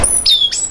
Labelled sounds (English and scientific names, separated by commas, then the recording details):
Stitchbird (Notiomystis cincta) song
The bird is a male
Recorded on Tiritiri Matangi Island, New Zealand, in 2005
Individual 12, of nest box 16